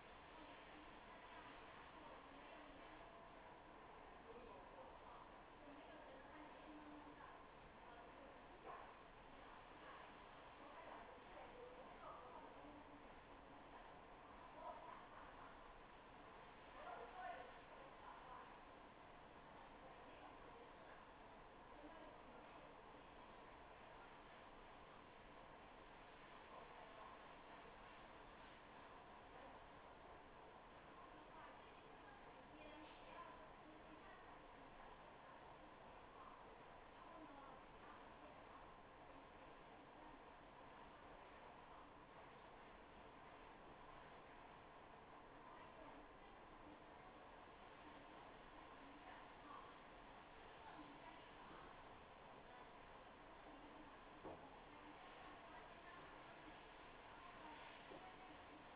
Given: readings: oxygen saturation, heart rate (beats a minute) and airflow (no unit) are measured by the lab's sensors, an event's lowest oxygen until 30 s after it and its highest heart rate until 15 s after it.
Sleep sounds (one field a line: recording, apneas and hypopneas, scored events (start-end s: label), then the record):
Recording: a person awake in a sleep study, by a voice recorder at the bedside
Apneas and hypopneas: none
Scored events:
0.00-58.76 s: awake
0.00-58.76 s: awake
From the record:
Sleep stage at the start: awake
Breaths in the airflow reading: 23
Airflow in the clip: -0.7 to 0.7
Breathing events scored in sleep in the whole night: 263 in 5.5 hours asleep